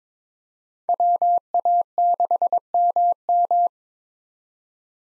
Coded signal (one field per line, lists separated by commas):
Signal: Morse code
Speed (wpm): 22 wpm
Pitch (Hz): 700 Hz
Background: none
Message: WA6MM